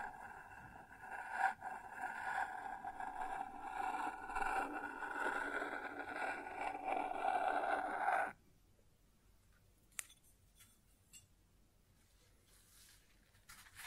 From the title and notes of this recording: ASMR Sounds on Wooden Surface (No Talking).